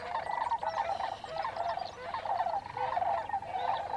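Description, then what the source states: Sandhill Cranes give steady, throaty rolling rattles throughout. Dawn chorus, Sierra Valley Marsh near Portola, California, June 24, 2023, 5:33am; AT-4022 omni condensers on Jecklin disk binaural baffle; Nature Sound Society workshop.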